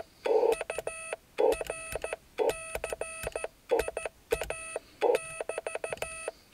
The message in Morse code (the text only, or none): URCIA<BT>